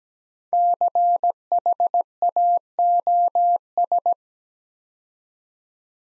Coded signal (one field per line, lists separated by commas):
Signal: Morse code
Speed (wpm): 17 wpm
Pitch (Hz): 700 Hz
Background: none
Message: CHAOS